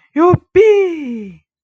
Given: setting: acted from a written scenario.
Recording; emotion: vocal sound without words; realization